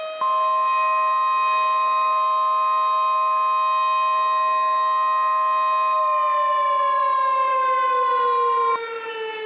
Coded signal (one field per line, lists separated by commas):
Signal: Emergency Alert System (SAME) tones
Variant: 1050 Hz attention tone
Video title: Nightmare in The Metroplex - EAS Scenario